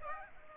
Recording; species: mosquito wingbeat signal from an infrared sensor; Aedes aegypti